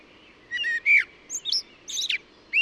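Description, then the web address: Bird giving a quick string of short chirps and high whistled notes, with several brief phrases close together. "cianscape birddata Deverinetal 2025 Bird Only Tu Me Tu Me"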